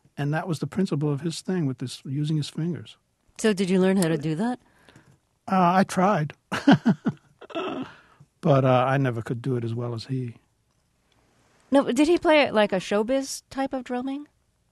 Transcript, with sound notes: And that was the principle of his thing, with using his fingers.
So did you learn how to do that?
I tried.
(SOUNDBITE OF LAUGHTER)
But I never could do it as well as he.
Now, did he play it like a show-biz type of drumming?